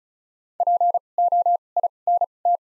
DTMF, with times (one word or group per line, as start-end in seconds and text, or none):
none